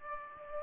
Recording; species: mosquito wingbeat signal from an infrared sensor; Aedes aegypti